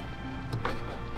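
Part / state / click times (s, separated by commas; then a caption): LED headlight bulb twist-lock base into headlight housing / not seated / none. An LED headlight bulb with a twist-lock base is placed into the headlight housing of a 2021 GMC Canyon and turned clockwise to lock it. Two brief knocks are heard at about 0.7 s and 1.2 s, the second one louder, over a low steady background. The bulb does not lock in, so nothing has seated or clicked yet.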